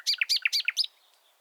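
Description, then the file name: Common nightingale phrase of four quick, repeated two-part chirps, each a high note dropping to a lower one, then a final high note and silence. "Luscinia megarhynchos"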